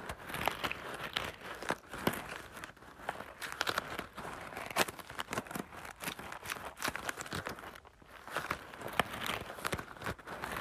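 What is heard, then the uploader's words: Rice being played with, its grains rustling and crinkling in a dense, continuous patter of tiny bright clicks. Sharper bursts and louder pours stand out irregularly, around the 2, 5 and 9 second marks, with a brief quieter gap near 8 seconds. ASMR Playing with Rice.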